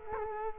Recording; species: mosquito wingbeat signal from an infrared sensor; Culex quinquefasciatus